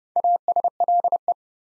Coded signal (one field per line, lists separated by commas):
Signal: Morse code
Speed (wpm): 30 wpm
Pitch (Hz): 700 Hz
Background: none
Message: ASLE